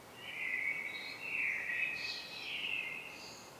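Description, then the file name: Common blackbird: a warbling song with fluty notes and brief higher squeaks, over a quiet background. "Turdus merula"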